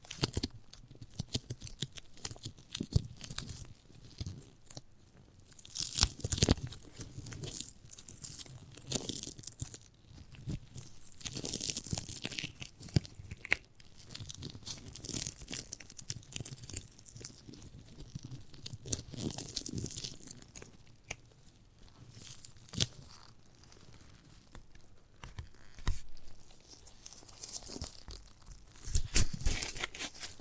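Chewy, sticky mouth sounds from eating a giant gummy bear, with frequent soft tearing bites and wet crunches scattered throughout.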